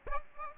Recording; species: mosquito wingbeat signal from an infrared sensor; Aedes aegypti